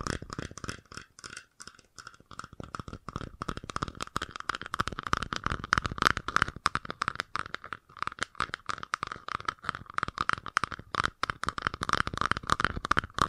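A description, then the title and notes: Fast tapping runs through the whole stretch as a dense, rapid stream of sharp little clicks, uneven in strength. A steady mid-pitched tone sits underneath. The tapping thins briefly around two seconds and pauses near eight before resuming just as busy. FAST TAPPING (No Talking).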